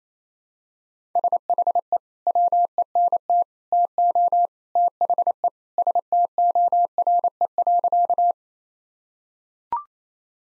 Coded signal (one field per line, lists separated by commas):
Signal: Morse code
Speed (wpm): 27 wpm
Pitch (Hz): 700 Hz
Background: none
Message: SHE WENT TO THE STORE.